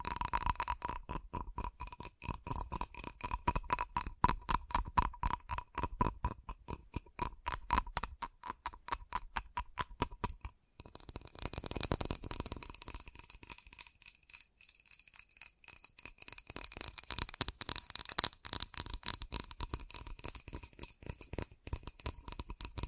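Quick, steady tapping runs in sharp, evenly spaced clicks for about ten seconds, each with a bright ringing tone. After a short pause near the middle, a denser, softer scratchy tapping takes over, building again toward the end. No voice is heard.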